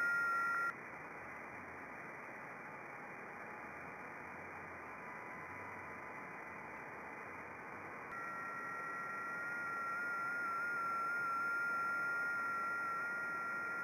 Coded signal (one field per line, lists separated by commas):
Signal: FT8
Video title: 54 DXCC Countries on 10m FT8 29th Oct 2020